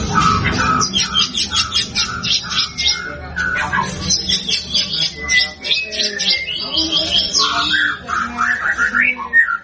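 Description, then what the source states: White-rumped shama song, dense phrases of sharp chips and varied whistles tumbling quickly one after another, with a low background rumble. White-rumped shama singing prolifically (gacor), used as a lure to make other birds respond.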